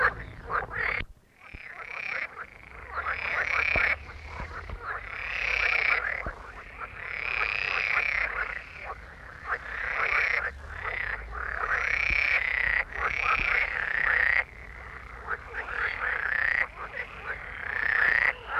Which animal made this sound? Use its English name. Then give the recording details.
Edible Frog. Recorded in the wild. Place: Falkenberger Rieselfelder, Barnim, Berlin, DE. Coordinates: 52.5839, 13.5542. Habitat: pond. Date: 1967-06-10. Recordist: Günther, Rainer. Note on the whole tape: Kleiner Tümpel bei Falkenberg: Rufe, oft Poppgeräusche